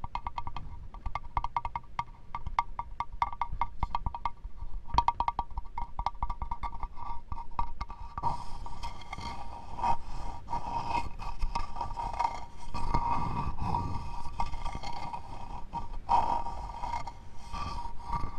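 Wooden ASMR sounds: for the first eight seconds, quick, crisp taps come in dense, uneven bursts. After that, a brighter scratchy rubbing takes over and runs steadily to the end, broken now and then by sharper knocks and a low thump near thirteen seconds.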